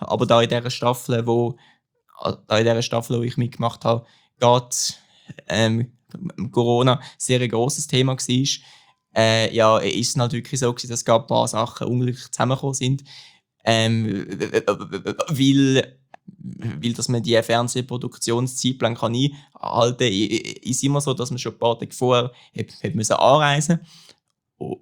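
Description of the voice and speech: An adult man speaking Swiss German with repeated phrases and words, stretched sounds and long hesitant pauses, fitting stuttering.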